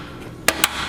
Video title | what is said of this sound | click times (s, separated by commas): THE TYPICAL GAMER ULTIMATE GAMING PC LOG!! (How to build a gaming PC) | and you make sure it clicks in | 0.5 s, 0.6 s